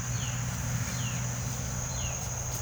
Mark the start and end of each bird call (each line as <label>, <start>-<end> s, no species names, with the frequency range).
bird call (2.4-4.5 kHz), 0.21-2.21 s